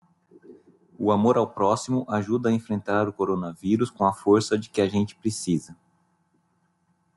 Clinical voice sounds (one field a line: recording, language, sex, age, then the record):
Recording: spoken sentence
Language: Brazilian Portuguese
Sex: male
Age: 40 to 49 years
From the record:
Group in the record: control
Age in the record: 45 years